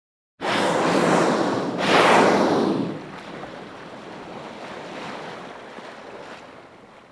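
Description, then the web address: Humpback whale blowing: a loud, broad whooshing exhale followed at once by a rasping inhale, then fading water and surf-like background hiss. Exhale and inhale through the blowhole. "humpback whale exhale and inhale from blowhole"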